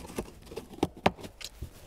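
A molded plastic glove box liner with a polypropylene back and polyethylene front, held only by tabs that tuck in with no fasteners, is pushed back into the dash (instrument panel) of a Hyundai Ioniq 6. Softer plastic taps and knocks come at 0.2 s, 0.8 s and 1.4 s, with a sharp snap at 1.1 s. The liner is seated in place.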